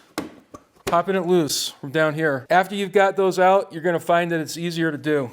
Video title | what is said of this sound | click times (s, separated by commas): How To Remove Jeep GRILLE: Proven DIY Method | grab it and start popping it loose | 0.2 s